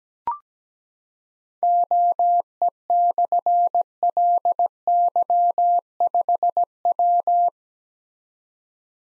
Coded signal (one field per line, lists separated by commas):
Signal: Morse code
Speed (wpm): 17 wpm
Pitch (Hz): 700 Hz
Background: none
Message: OE/LY5W